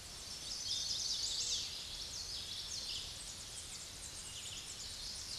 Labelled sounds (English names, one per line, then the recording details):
Common Yellowthroat song
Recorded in a Pennsylvania forest on 16 May 2024 at 06:10
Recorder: AudioMoth, point MSD-2429
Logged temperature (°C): 16.7 °C
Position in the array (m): 85 m, 83 m